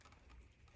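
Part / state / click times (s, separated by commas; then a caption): plastic vacuum line fitting into its port near the intake manifold / not seated / none. A plastic vacuum/vent line fitting is being handled toward its port and mount down by the intake manifold during a Cayman engine build. Only a low, steady rumble with faint scattered light ticks is heard, with no sharp transients. Nothing has clicked or seated yet.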